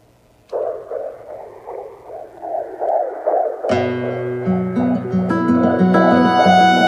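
Rapid, regular whooshing pulses, about 176 a minute, open the clip, much like a heartbeat picked up by Doppler. Guitar and other instruments then come in over them. A daughter's heartbeat is mixed into a piece of music and stays faintly audible beneath it.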